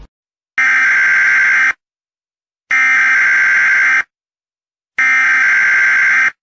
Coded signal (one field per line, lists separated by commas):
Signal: Emergency Alert System (SAME) tones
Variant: header bursts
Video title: Rating EAS Alarms (The Most Accurate One but Short!) (COMMUNITY PAGE SPECIAL!)